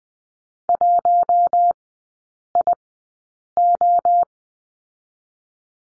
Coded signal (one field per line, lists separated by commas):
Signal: Morse code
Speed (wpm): 20 wpm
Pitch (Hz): 700 Hz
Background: none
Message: 1IO